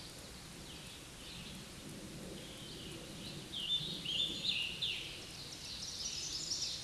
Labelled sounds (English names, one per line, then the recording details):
Scarlet Tanager song
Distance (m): 45 m
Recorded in a Pennsylvania forest on 19 May 2023 at 09:19
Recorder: AudioMoth, point grid1_2_low
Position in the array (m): 143 m, 65 m